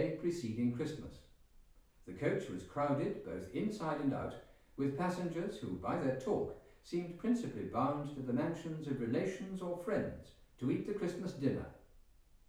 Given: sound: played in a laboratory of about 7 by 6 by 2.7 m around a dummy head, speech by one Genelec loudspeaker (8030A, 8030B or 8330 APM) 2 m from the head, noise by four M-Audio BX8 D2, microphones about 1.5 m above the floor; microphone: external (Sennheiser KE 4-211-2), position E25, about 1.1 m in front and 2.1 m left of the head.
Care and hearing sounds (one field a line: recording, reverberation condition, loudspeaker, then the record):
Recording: male speech in English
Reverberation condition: medium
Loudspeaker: 60 degrees to the right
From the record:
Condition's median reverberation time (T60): about 510 ms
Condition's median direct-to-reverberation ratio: about -0.5 dB